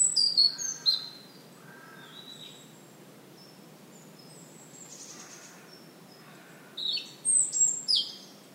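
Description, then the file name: European robin song opening with quick high jingling notes, soft thin whistles through a quiet middle, then an energetic run of sharp tumbling notes. "Erithacus rubecula"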